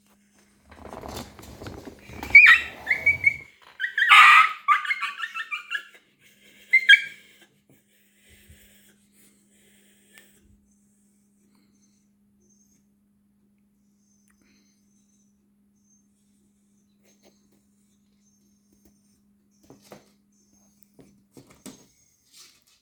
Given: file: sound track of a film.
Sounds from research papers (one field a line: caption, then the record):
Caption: Case #8 – ‘pain attack’. These showed a subjectively conscious dog, with a guarded posture, nerve root signature, and high-pitched vocalization (yelping) of 30 s to 2 min in duration.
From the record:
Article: Case series: Cervical far-lateral and combined cervical far lateral/foraminal intervertebral disk extrusions in 10 dogs